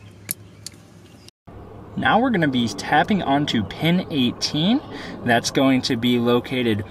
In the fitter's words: go in and squeeze it till you feel it and hear it latch now